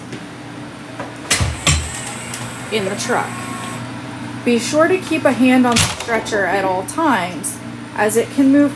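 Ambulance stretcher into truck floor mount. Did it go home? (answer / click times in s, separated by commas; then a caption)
yes / 1.3 s, 1.7 s. A Stryker PowerPro XT powered ambulance stretcher is slid into the truck until its frame latches into the floor-mounted fastener, giving two sharp metallic hits at 1.3 s and 1.7 s as it locks into place. Afterward someone talks over a steady low hum.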